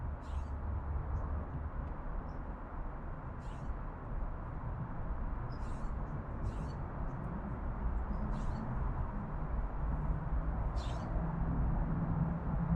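An urban backyard in Oakland, CA, filled with a steady low rumble, like traffic, that swells slightly toward the end. Short, high chirps cut through about every second or two, with a few faint ticks and clicks in between.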